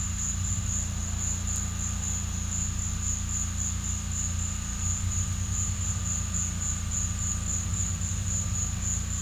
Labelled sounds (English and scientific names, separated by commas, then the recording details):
none
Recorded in secondary vegetation near Puerto Asís, Putumayo, Colombia, on 18 December 2024 at 13:30
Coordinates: 0.485, -76.322
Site GP08